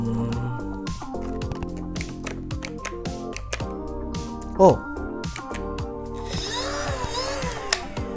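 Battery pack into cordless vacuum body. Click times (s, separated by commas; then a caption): 7.7 s. A battery pack is pushed into the body of an Airbot Hypersonic Pro cordless stick vacuum over background music while someone talks. A sharp knock comes at 7.7 seconds, but the battery is in without being fully seated, leaving a visible gap at the ring and bottom.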